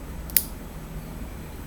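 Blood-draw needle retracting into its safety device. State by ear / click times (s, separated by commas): seated / 0.4 s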